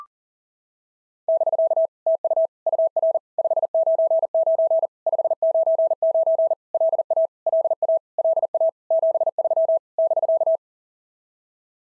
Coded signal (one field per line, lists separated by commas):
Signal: Morse code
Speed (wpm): 40 wpm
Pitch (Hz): 650 Hz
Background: none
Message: <BK> TU UR 599 599 LA LA LA 73 <BK>